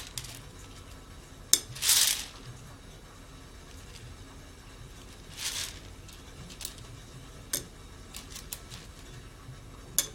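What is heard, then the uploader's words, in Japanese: Green coffee beans being roasted: a low, steady rumble runs throughout, with sharp metallic clicks and clatter at scattered moments. Two brief rushing, rattling bursts stand out, around two seconds and again near five and a half seconds, like beans being shaken. 今朝は”キリマンジャロブレンド”生豆を焙煎。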